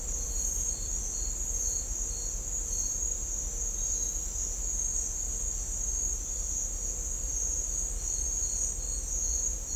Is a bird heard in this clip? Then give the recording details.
no. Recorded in dense forest near Puerto Asís, Putumayo, Colombia, on 21 December 2024 at 08:30. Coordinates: 0.500, -76.322. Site G053